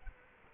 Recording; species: mosquito wingbeat signal from an infrared sensor; Culex quinquefasciatus